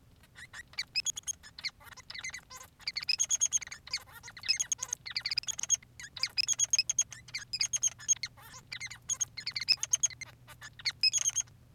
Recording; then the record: song of a male Bengalese finch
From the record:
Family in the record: son of father 3